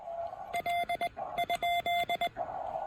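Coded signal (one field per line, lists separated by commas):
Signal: Morse code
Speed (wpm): 21 wpm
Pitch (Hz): 2100 Hz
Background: none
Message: L?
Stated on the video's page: CW park activation on 20 meters using a TEN-TEC R4020 QRP transceiver and a PackTenna 20M end-fed half-wave antenna.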